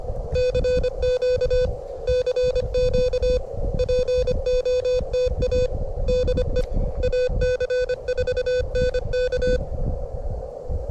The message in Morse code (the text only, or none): CQ CQ POTA DE AC4NK